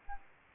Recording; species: mosquito wingbeat signal from an infrared sensor; Aedes albopictus